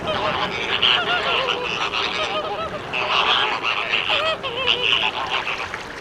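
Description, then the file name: American flamingo flock giving harsh, goose-like honking calls, many birds overlapping in a steady nasal chorus with brief louder bursts throughout. "Utrennie golosa - Krasnyj flamingo"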